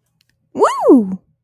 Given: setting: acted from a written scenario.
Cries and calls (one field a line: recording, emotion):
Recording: vocal sound without words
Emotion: elation